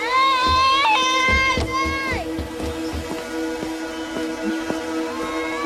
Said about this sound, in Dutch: Het meisje waar ze dan jarenlang voor heeft gezorgd, hoor je ook schreeuwen van verdriet.